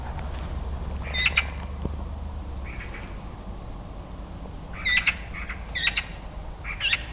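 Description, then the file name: Eurasian magpie harsh chattering calls, short rattling bursts given in separate groups, over a steady low rumbling background. "Pica pica"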